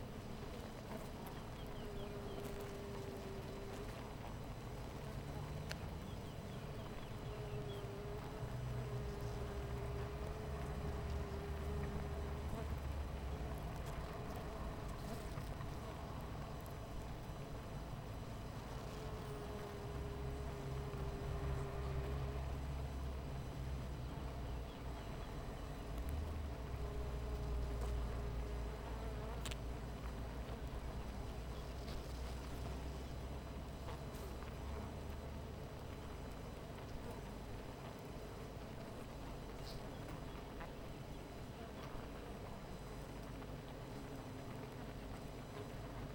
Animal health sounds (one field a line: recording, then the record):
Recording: honeybee colony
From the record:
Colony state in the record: missing queen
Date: 14 July 2017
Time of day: 12:48